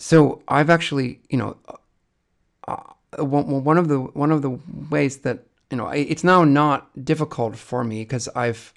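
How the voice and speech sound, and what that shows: Adult man who stutters, speaking with repeated words and phrases, prolonged sounds and a silent block, typical of stuttering. He has had speech therapy over the years, ranging from fluency shaping to acceptance, and has a recent ADHD diagnosis.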